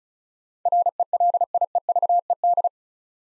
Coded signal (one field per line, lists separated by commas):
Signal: Morse code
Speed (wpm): 36 wpm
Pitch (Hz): 700 Hz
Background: none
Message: RELIEVED